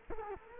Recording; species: mosquito wingbeat signal from an infrared sensor; Culex quinquefasciatus